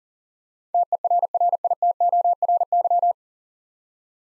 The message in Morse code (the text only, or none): TERRITORY